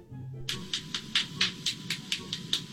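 A rapid series of about ten sharp, crisp cracking pops from an adult man's body joints, each a brief high-pitched snap coming roughly every quarter second. This is joint cracking (cavitation), part of a run in which he cracks 46 joints in his body one after another.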